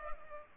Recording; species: mosquito wingbeat signal from an infrared sensor; Culex pipiens